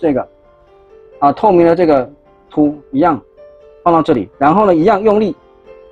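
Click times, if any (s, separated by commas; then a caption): none. A transparent plastic peg piece is being handled and pushed hard into the leg of a Blokees Transformers G1 series buildable action figure. Someone talks over soft background music throughout. Nothing has seated or clicked yet.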